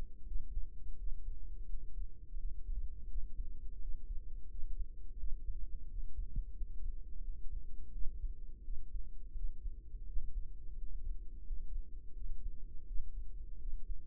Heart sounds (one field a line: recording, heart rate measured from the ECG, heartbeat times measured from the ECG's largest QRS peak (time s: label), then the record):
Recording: heart sounds by microphone in the right ear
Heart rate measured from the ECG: 86 bpm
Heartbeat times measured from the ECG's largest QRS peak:
0.23 s: heartbeat
0.94 s: heartbeat
1.64 s: heartbeat
2.35 s: heartbeat
3.06 s: heartbeat
3.77 s: heartbeat
4.46 s: heartbeat
5.14 s: heartbeat
5.85 s: heartbeat
6.52 s: heartbeat
7.19 s: heartbeat
7.89 s: heartbeat
8.60 s: heartbeat
9.32 s: heartbeat
10.04 s: heartbeat
10.73 s: heartbeat
11.42 s: heartbeat
12.12 s: heartbeat
12.83 s: heartbeat
13.56 s: heartbeat
From the record:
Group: healthy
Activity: rest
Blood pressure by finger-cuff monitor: 105/61 mmHg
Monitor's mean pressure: 75 mmHg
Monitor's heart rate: 85 bpm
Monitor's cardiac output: 6.9 L/min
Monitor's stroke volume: 81 mL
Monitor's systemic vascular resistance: 780 dyn s/cm5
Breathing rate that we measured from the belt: 13 breaths a minute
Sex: female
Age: 26 years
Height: 165 cm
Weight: 55 kg